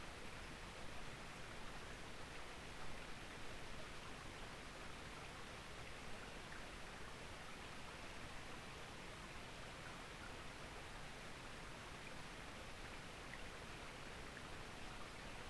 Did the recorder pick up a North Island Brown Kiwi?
no